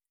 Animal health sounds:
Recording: hydrophone in a shrimp aquaculture tank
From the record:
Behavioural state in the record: stressed

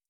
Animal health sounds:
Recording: hydrophone in a shrimp aquaculture tank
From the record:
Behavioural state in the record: stressed

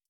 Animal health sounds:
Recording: hydrophone in a shrimp aquaculture tank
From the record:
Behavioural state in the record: stressed

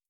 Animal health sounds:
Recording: hydrophone in a shrimp aquaculture tank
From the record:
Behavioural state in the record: starved

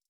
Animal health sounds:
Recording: hydrophone in a shrimp aquaculture tank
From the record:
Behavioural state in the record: stressed

